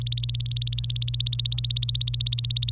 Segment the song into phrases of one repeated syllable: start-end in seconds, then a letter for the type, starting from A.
0.01-2.72 A